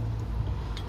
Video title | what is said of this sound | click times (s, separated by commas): 2014 dodge Durango break and rotors replacement | so you get right there you see you heard the click | 0.8 s